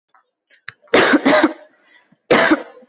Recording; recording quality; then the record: heavy voluntary cough; excellent, no background noise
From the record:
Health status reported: healthy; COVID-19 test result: negative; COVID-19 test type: RT-PCR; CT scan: not taken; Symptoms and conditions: cough, cold, loss of smell and taste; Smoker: yes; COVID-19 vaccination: both doses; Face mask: worn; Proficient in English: yes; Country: India